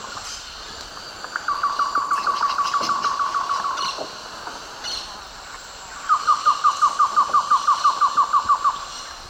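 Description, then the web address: Cocha antshrike singing two long, rapid series of many sharp repeated notes. South America, eastern lowlands. "Natures Songs S America Eastern Lowlands. Cocha Antshrike"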